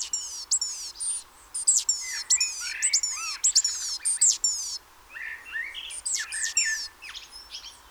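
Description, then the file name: Great tit calls: quick clusters of thin, high, downslurred notes with sharp ticks, repeated throughout, while softer lower chirps and warbles fill the gaps. "Parus major"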